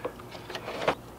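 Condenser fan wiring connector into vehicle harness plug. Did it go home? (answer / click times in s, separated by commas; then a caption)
yes / 0.9 s. The electrical connector of a replacement condenser fan for a 2003 Dodge 2500 truck is plugged into the truck's wiring harness plug as a test fit. A few faint plastic ticks around 0.1, 0.2 and 0.6 seconds lead up to a sharper, louder click at 0.9 seconds. The connector clicks into place and is seated.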